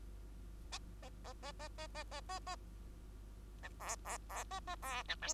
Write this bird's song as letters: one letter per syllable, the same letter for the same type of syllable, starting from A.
A A A A A A A A A A B C C C A A C B D